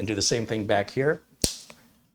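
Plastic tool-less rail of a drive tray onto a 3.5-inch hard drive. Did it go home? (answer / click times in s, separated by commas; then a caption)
yes / 1.4 s. Someone talks while pressing the plastic tool-less side rail of a Synology DiskStation DS224+ NAS drive tray onto a 3.5-inch hard drive, pushing its nubs into the drive's screw holes. A sharp snap at 1.4 s is followed by a fainter tick at 1.7 s, and the rail is seated.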